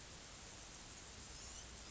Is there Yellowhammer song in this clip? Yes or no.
no